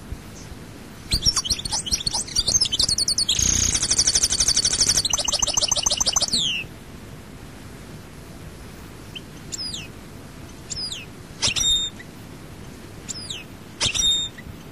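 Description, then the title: European goldfinch sings a long tinkling, trilled phrase with a buzzy section, then falls silent before a few scattered high chirps. "Chant Chardonneret"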